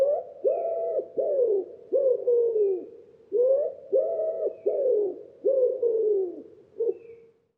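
Common Wood Pigeon song: repeated muffled, throaty coos, some slightly falling, with short pauses between the phrases.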